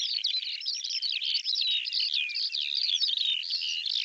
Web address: cianscape birddata Deverinetal 2025 File cleaned normalized Bird Al Ar